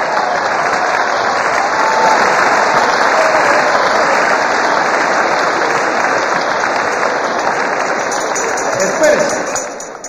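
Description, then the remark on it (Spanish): An audience bursts into loud, sustained applause, a dense steady wash of clapping that holds for about nine seconds before quickly tapering off. “Abreviemos el aplauso y el comentario porque nos faltan más salidas de emergencia.”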